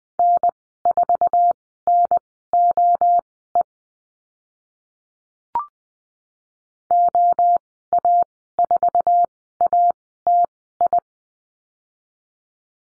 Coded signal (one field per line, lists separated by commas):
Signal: Morse code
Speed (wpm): 20 wpm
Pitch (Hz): 700 Hz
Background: none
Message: N4NOE OA4ATI